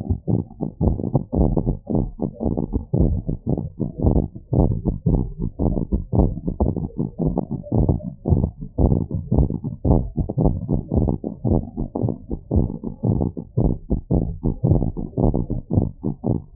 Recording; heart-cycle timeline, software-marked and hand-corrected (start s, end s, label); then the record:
heart sounds
0.00	0.10	systole
0.10	0.18	S2
0.18	0.34	diastole
0.34	0.44	S1
0.44	0.60	systole
0.60	0.68	S2
0.68	0.86	diastole
0.86	0.98	S1
0.98	1.12	systole
1.12	1.22	S2
1.22	1.38	diastole
1.38	1.52	S1
1.52	1.66	systole
1.66	1.76	S2
1.76	1.94	diastole
1.94	2.06	S1
2.06	2.22	systole
2.22	2.30	S2
2.30	2.46	diastole
2.46	2.56	S1
2.56	2.72	systole
2.72	2.82	S2
2.82	3.00	diastole
3.00	3.18	S1
3.18	3.30	systole
3.30	3.38	S2
3.38	3.56	diastole
3.56	3.66	S1
3.66	3.82	systole
3.82	3.90	S2
3.90	4.06	diastole
4.06	4.24	S1
4.24	4.36	systole
4.36	4.42	S2
4.42	4.58	diastole
4.58	4.72	S1
4.72	4.86	systole
4.86	4.96	S2
4.96	5.12	diastole
5.12	5.24	S1
5.24	5.40	systole
5.40	5.48	S2
5.48	5.66	diastole
5.66	5.78	S1
5.78	5.92	systole
5.92	6.02	S2
6.02	6.18	diastole
6.18	6.30	S1
6.30	6.40	systole
6.40	6.46	S2
6.46	6.62	diastole
6.62	6.74	S1
6.74	6.90	systole
6.90	7.00	S2
7.00	7.20	diastole
7.20	7.34	S1
7.34	7.50	systole
7.50	7.58	S2
7.58	7.74	diastole
7.74	7.90	S1
7.90	8.04	systole
8.04	8.12	S2
8.12	8.28	diastole
8.28	8.42	S1
8.42	8.56	systole
8.56	8.64	S2
8.64	8.80	diastole
8.80	8.98	S1
8.98	9.14	systole
9.14	9.22	S2
9.22	9.38	diastole
9.38	9.50	S1
9.50	9.66	systole
9.66	9.74	S2
9.74	9.90	diastole
9.90	10.04	S1
10.04	10.18	systole
10.18	10.28	S2
10.28	10.44	diastole
10.44	10.56	S1
10.56	10.70	systole
10.70	10.80	S2
10.80	10.96	diastole
10.96	11.10	S1
11.10	11.22	systole
11.22	11.30	S2
11.30	11.46	diastole
11.46	11.60	S1
11.60	11.76	systole
11.76	11.84	S2
11.84	12.02	diastole
12.02	12.14	S1
12.14	12.28	systole
12.28	12.36	S2
12.36	12.54	diastole
12.54	12.66	S1
12.66	12.78	systole
12.78	12.86	S2
12.86	13.04	diastole
13.04	13.18	S1
13.18	13.32	systole
13.32	13.40	S2
13.40	13.58	diastole
13.58	13.74	S1
13.74	13.90	systole
13.90	14.00	S2
14.00	14.20	diastole
14.20	14.32	S1
14.32	14.46	systole
14.46	14.54	S2
14.54	14.70	diastole
14.70	14.84	S1
14.84	14.98	systole
14.98	15.06	S2
15.06	15.24	diastole
15.24	15.36	S1
15.36	15.50	systole
15.50	15.58	S2
15.58	15.74	diastole
15.74	15.86	S1
15.86	16.04	systole
16.04	16.14	S2
16.14	16.30	diastole
16.30	16.42	S1
16.42	16.56	systole
From the record:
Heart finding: abnormal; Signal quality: good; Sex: male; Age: 53 years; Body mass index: 27.1